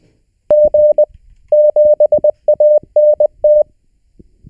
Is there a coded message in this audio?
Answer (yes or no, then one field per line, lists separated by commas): yes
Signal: Morse code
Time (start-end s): 0.5-3.6 s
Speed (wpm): 20 wpm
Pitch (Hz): 600 Hz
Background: none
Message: G7ANT